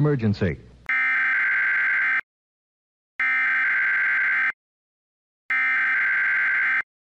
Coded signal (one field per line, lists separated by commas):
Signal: Emergency Alert System (SAME) tones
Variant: header bursts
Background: speech